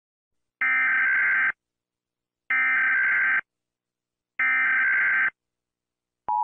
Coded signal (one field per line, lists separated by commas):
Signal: Emergency Alert System (SAME) tones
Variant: header bursts